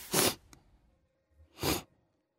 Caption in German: So leichte verstopfte Nase. Die Grippe hatte mich erwischt, volle Kanne. 5 Tage richtig Fieber, über 39 Grad.